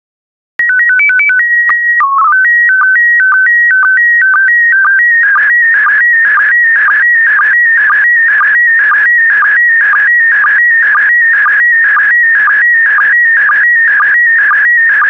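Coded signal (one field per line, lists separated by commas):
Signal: SSTV (slow-scan television)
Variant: PD 120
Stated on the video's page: SSTV images sent in PD120 mode for decoding practice.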